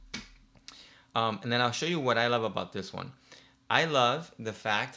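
A thin, lightweight, slightly rubbery Kevlar-fibre phone case with MagSafe, a pronounced camera bump and clicky buttons is popped onto an iPhone 17 Pro Max. Two sharp snaps are heard at 0.1 s and 0.7 s as the case edges seat. The case is seated, and then someone talks.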